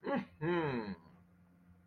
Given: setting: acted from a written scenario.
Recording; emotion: vocal sound without words; pride